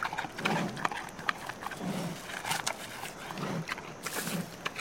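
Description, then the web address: Panda chewing, with soft low crunches about once a second and sharper crackling bites and snaps between them. Panda chewing and eating something. "il suono di un panda che mastica e mangia qualcosa"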